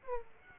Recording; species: mosquito wingbeat signal from an infrared sensor; Aedes aegypti